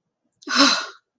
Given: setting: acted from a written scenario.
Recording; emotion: vocal sound without words; awe